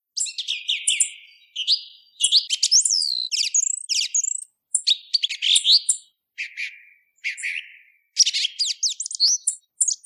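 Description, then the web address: Song thrush song: bright, varied phrases of whistles, trills and sharp notes, broken by short pauses, all high-pitched with no other clear sounds. "tordo bottaccio"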